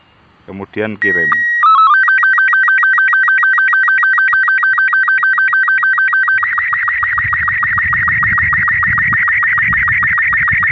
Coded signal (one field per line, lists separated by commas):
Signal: SSTV (slow-scan television)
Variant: Robot 36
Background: speech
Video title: Dokumentasi Percobaan Penelitian APRS & SSTV